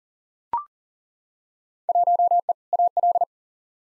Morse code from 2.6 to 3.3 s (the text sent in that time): AL